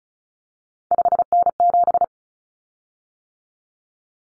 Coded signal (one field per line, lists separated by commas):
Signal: Morse code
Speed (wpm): 34 wpm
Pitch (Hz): 700 Hz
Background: none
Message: 5N7